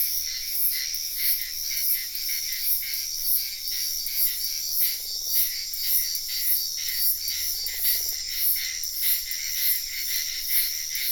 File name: felix blume nature ambience wetland night frogs insects bird heron type sian ka an biosphere reserve